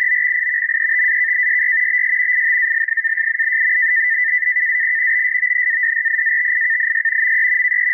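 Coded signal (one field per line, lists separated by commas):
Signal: NAVTEX (SITOR-B)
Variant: 100 baud SITOR-B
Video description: Several warnings reported: Gunnery exercises and Aircraft firing exercises. 4209.5 kHz RTTY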